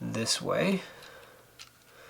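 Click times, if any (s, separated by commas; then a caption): none. Someone talks while lining up a small 16 GB SanDisk micro SD card at the card slot of an X-Sense S21 2K outdoor security camera, getting its orientation right before pushing it in. After the talk there are only faint handling ticks, and nothing has clicked or seated yet.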